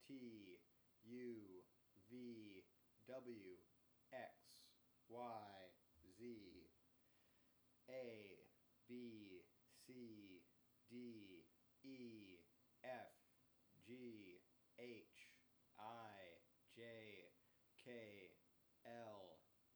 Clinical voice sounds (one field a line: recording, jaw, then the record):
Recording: letters of the alphabet, spoken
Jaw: free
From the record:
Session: first day, before the bite bar